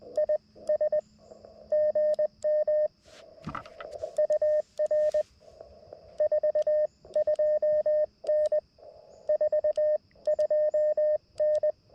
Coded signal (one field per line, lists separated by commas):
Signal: Morse code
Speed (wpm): 20 wpm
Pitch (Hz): 610 Hz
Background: radio noise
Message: IS GM UR 42N 42N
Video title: A quick QRP CW POTA activation with the LNR Precision MTR-4B